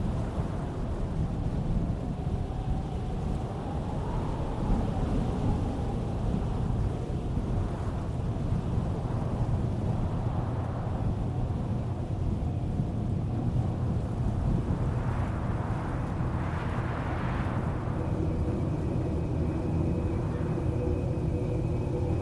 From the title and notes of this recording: A los cuatro vientos by Félix Blume. French sound artist and sound engineer Félix Blume presents wind sounds being played in four different places of America, recorded between 2011 and 2014.